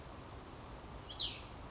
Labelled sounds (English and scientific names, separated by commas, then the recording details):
Cassin's Vireo (Vireo cassinii)
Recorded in Sonoma County, California